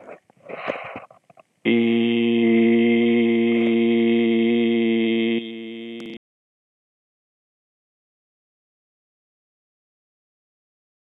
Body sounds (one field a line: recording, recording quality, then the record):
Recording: sustained vowel as in beet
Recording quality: excellent, no background noise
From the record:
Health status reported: exposed to COVID-19, no respiratory illness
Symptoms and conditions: cough, fever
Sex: male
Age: 51 years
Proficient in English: yes